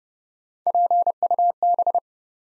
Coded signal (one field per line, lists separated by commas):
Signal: Morse code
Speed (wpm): 30 wpm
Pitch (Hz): 700 Hz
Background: none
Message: PUB